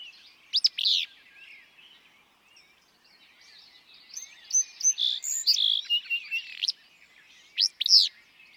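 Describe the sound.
Willow flycatcher giving a sharp, burry two-note phrase at the start and again near the end, with a busy chorus of other birds' chirps between.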